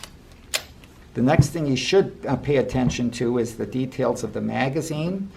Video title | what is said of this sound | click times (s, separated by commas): SIG P49 (P210) 1st Variation - Collector's Guide | and the slide stop snaps right in | 0.6 s